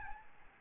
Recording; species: mosquito wingbeat signal from an infrared sensor; Aedes albopictus